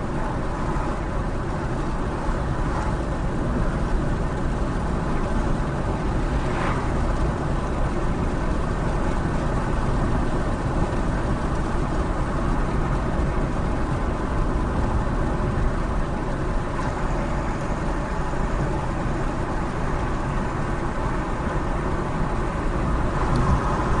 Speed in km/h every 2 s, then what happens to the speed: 66, 69, 71, 71, 72, 72, 69, 69, 68, 69, 69, 71.
0-7 speeds up to 72. 7-24 steady at about 69.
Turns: none.